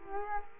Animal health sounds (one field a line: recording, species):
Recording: mosquito wingbeat signal from an infrared sensor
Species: Culex quinquefasciatus